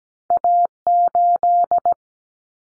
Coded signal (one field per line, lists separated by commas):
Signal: Morse code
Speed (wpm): 17 wpm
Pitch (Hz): 700 Hz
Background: none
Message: A8